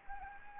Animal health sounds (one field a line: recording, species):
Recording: mosquito wingbeat signal from an infrared sensor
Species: Anopheles gambiae